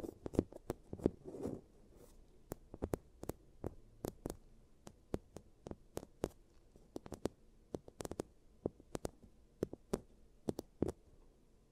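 Giant teeth treatment sounds: sharp clicks and taps ring out in an irregular stream, sometimes single, sometimes in quick clusters. A soft rustling scrape fills the first two seconds. Beneath it all sits a low, quiet hum.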